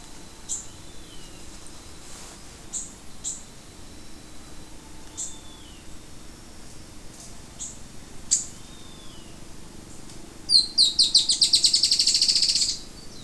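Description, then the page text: Dusky-tailed antbird giving high, sharp single notes at irregular intervals, then a rapid, even series of buzzy high notes near the end. Adult male, recorded in Caazapá department, Paraguay, on 9 June 2025. "Tiluchi Estriado (Drymophila malura). Guillermo Menéndez"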